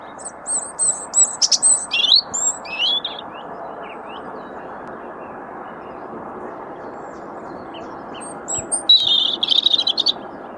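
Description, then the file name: European robin, a trickling phrase of high thin notes and short slurs, silence, then a dense shimmering phrase near the end, over steady low hiss. "Erithacus rubecula"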